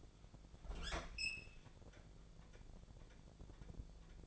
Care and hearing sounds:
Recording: daily activity, microphone in the room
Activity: open fridge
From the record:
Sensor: 5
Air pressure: 1000.2 hPa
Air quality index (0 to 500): 105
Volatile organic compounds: 1 ppm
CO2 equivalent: 845 ppm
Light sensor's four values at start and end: 231/550/234/256 and 235/557/238/259

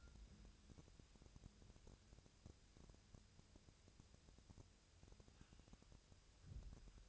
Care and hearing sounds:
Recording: daily activity, microphone in the room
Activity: wipe stove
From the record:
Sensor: 2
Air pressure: 1001.5 hPa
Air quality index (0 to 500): 226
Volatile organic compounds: 25 ppm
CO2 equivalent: 2842 ppm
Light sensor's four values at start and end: 7/26/10/9 and 7/26/10/9

